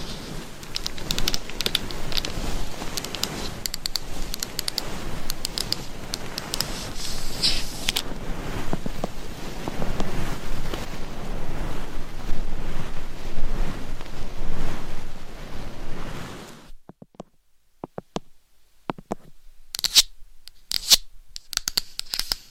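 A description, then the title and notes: Dense scratching and brushing on a microphone fills the first sixteen seconds, a steady rough rustle with crisp bright edges and soft low rubbing underneath. It then drops to near silence, broken by a few sharp, scattered taps and short scrapes near the end. ASMR Binaural Mic Scratching , Massage ,Tapping & Brushing Hypnotic Asmr No Talking.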